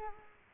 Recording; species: mosquito wingbeat signal from an infrared sensor; Culex quinquefasciatus